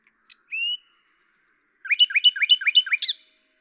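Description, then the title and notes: Common nightingale song: a rising whistle, a fast run of high ticking notes, then loud repeated down-slurred chuckles, ending in a sharp flourish. Recorded at Lavours, France, on 10 May 1998 with a Tascam DAP-1 and Télingua microphone, edited in Samplitude 5.1. "D83, 01350 Lavours, France - rossignol à LAVOURS. 10/05/1998 Tascam DAP-1 Micro Télingua, Samplitude 5.1"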